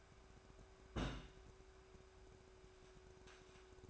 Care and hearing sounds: daily activity, microphone in the room; place on stove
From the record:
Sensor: 2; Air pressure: 1010.1 hPa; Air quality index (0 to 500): 161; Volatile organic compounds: 7 ppm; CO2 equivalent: 2019 ppm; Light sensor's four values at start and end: 42/101/45/51 and 42/102/45/51

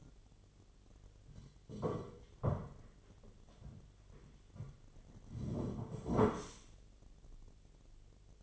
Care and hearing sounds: daily activity, microphone in the room; sit down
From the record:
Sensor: 4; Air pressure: 1008.8 hPa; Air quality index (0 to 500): 171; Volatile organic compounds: 5 ppm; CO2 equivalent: 1718 ppm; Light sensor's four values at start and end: 23/73/28/26 and 23/73/28/27

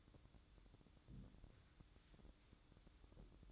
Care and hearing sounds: daily activity, microphone in the room; place on stove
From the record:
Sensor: 3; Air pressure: 1008.0 hPa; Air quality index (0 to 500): 126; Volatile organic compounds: 2 ppm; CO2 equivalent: 1050 ppm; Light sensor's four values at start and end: 8/20/8/8 and 8/20/8/8

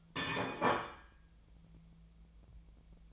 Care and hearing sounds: daily activity, microphone in the room; place plate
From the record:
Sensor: 1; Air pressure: 1009.4 hPa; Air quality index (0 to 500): 195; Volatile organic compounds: 19 ppm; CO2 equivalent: 2666 ppm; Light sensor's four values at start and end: 28/72/30/36 and 29/73/30/36

